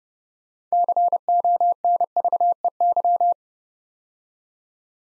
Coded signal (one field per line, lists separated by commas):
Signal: Morse code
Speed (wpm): 30 wpm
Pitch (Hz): 700 Hz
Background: none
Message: CONVEY